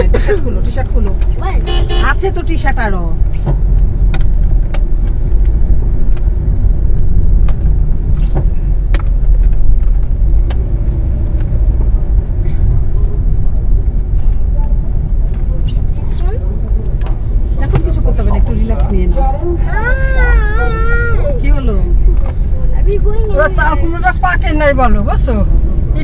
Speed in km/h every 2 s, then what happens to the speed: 36, 34, 36, 31, 31, 35, 30, 25, 27, 31, 30, 27, 29.
0-11 steady at about 34. 11-13 brakes to 25. 18-26 steady at about 29.